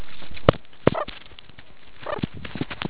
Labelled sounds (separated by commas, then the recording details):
meerkat close call
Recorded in the Kuruman River Reserve, South Africa
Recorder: an audio tag on a meerkat's collar